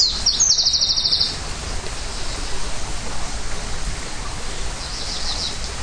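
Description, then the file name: Greenish warbler song: a brisk, high, buzzy trill of about a second opens, a fainter high phrase follows near the end, over constant rushing noise. Hilchenbach, Germany. "Gruenlaubsaenger Hilchenbach LS -M-Frede"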